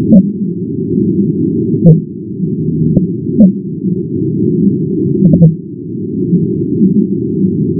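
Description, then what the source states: Fin whale calls, sped up, as brief pulses at irregular intervals above a continuous low rumble. Calls, sped up ten times.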